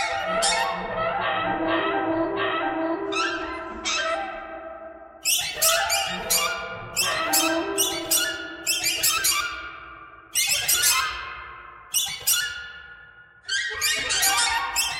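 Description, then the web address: Bird squawking, rasping calls building from steady droning into rapid bursts of sharp, clicking notes. "soundfactory birds birds thread buzz"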